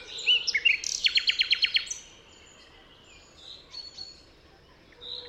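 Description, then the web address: Common nightingale song: whistled rising notes, then a rapid run of about seven sharp repeated notes, followed by softer high phrases and quiet pauses. "chant didier collin rossignol philomele"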